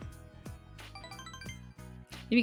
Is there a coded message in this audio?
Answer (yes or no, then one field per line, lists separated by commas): no